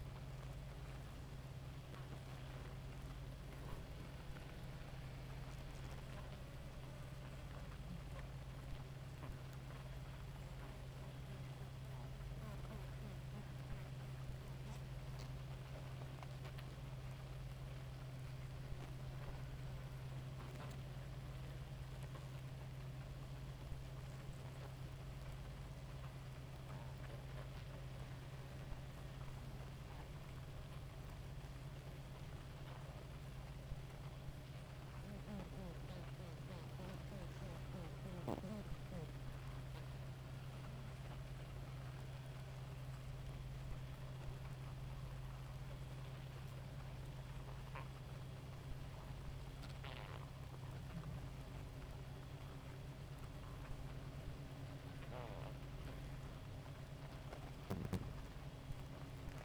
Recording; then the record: honeybee colony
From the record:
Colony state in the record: active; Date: 28 July 2017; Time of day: 2:30